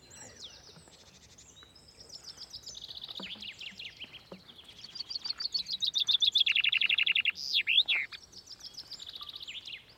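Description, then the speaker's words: Common Chaffinch song: several strophes, one building into a loud rattling trill and a sharp terminal flourish, followed by further chaffinch phrases. Caged chaffinch, one of five singing in the beauty class of a finch song competition, at six in the morning on Whit Monday. "Dieser Buchfink ist einer von fünf Vögeln, die in der Schönheitsklasse des Finkenwettstreites vorsingen."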